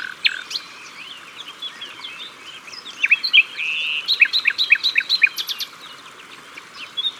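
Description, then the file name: Common nightingale song: varied whistles leading into a series of sharp, repeated notes, then quieter again. At the water's edge. "Rossignol philomele Au bord de leau"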